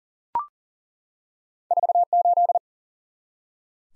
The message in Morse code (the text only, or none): 48